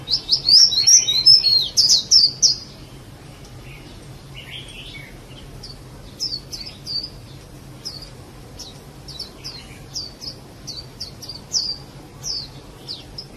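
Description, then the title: Java sparrow song: a brief loud jumble of high twittering notes, then many short, thin, slurred chirps spaced irregularly, over a faint low hum. "kicau gelatik"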